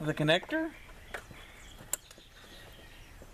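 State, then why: Seated. On a 2016 Ford Escape, after a new brake light bulb is fitted, the plastic wiring connector is pushed back into the rear taillight bulb socket. Someone talks at the start, then a few faint taps lead to a sharp, short click at 1.9 s as the connector snaps and locks in place.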